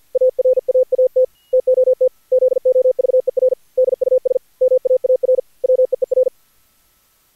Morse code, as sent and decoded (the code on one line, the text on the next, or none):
.- .-. .- .- - / - --- - / --.. --- ...- . .-. / -.. ..- ... / -- .- .- .-. / .-- . . .-.
ARAAT TOT ZOVER DUS MAAR WEER